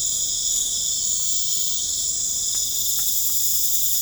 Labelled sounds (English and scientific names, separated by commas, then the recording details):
none
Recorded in pastures near Puerto Asís, Putumayo, Colombia, on 22 December 2024 at 22:30
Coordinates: 0.496, -76.326
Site G004